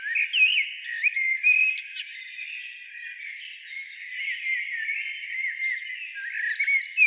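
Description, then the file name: Common blackbird giving twisting whistled notes that rise and fall, mixed with sharp high ticks and chirps around the two-second mark. "Turdus merula"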